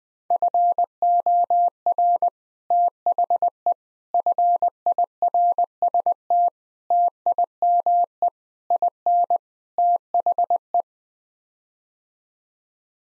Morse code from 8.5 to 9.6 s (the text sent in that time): IN